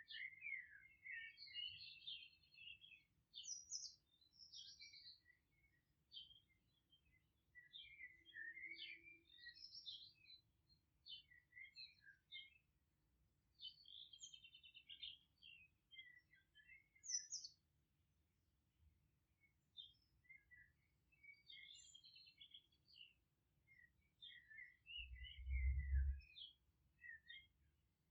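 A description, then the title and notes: Birds in a Polish country garden chirp and twitter in quick bright bursts throughout, over a low steady rumble, with a deep thump near twenty-five seconds. Relaxing music of nature from a Polish garden in the countryside.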